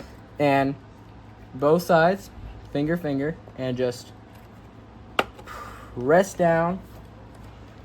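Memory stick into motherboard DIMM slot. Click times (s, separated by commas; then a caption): 5.2 s. A memory stick is pressed down with fingers on both ends into a motherboard DIMM slot while someone talks. One sharp, short click is heard at 5.2 seconds as the slot latches closed and the stick seats.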